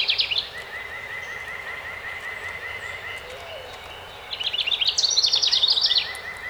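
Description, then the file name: House wren song: a brief trill fragment opens, then a long series of another bird's even notes, then a full rapid bubbling wren song near the end. Recorded 12 May 2018. "2018-05-12 HOWR"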